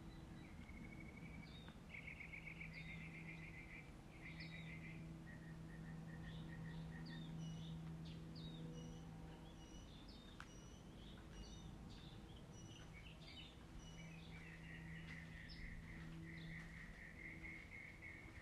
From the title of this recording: birds singing